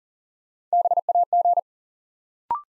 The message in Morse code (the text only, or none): BAG